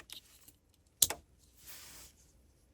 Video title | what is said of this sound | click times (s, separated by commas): Let's Get This Manual Swap Started! - Complete Teardown - Impreza GF8 Build EP.6 | When I plugged that in, I heard a clicking sound. | 1.0 s